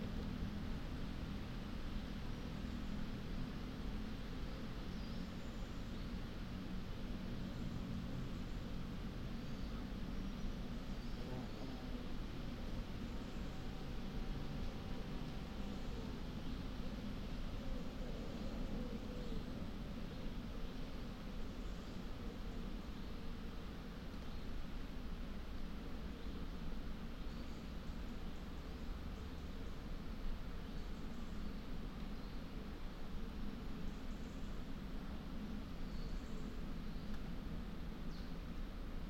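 Slow forest ambience from the Wyre valley, dominated by a steady, dense low rumble like an engine or aircraft drone that holds an even level throughout. Faint thin whistling traces rise briefly between about 11 and 20 seconds, with a soft hiss above.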